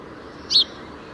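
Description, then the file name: House sparrow giving a single brief, high chirp against faint steady background noise. "Passer domesticus"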